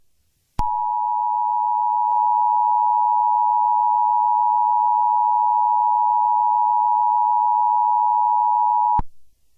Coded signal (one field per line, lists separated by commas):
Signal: Emergency Alert System (SAME) tones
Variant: 853 and 960 Hz attention tone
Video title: EAS Scenario - East Coast Mega Tsunami